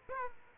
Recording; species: mosquito wingbeat signal from an infrared sensor; Aedes aegypti